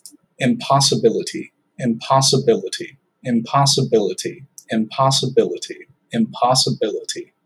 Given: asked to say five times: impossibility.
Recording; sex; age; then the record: repeated word; male; 20 to 29 years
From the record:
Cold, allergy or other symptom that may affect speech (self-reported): no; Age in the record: 21 years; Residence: Indiana, United States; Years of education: 14